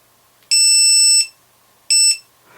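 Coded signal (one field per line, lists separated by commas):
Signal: beep code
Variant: lost model beeper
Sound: a shrill long beep followed by one short beep, same high pitch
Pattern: 1 long, 1 short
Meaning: Entered the level 1 menu, which sets the time before the alarm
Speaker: what you get is like a long beep and then a short beep to say it's in level 1 menu so I'm holding in now so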